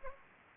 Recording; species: mosquito wingbeat signal from an infrared sensor; Anopheles gambiae